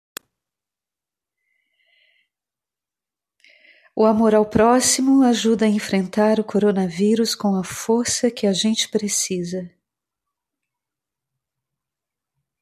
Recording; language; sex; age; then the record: spoken sentence; Brazilian Portuguese; female; 50 to 59 years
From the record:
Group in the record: control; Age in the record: 59 years